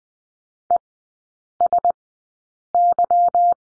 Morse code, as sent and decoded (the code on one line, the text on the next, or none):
. ... -.--
ESY